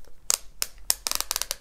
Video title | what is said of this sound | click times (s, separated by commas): Review KORE Essentials Belt & Buckle Set Full Grain Leather Stainless Steel Buckle | you can hear clicking into place there and when | 0.3 s, 0.6 s, 0.9 s, 1.1 s, 1.3 s, 1.4 s